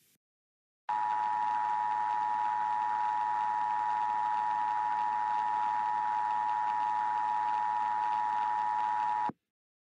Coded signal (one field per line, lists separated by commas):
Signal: Emergency Alert System (SAME) tones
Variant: 853 and 960 Hz attention tone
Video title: EAS Scenario - Hot Jupiter: REMASTERED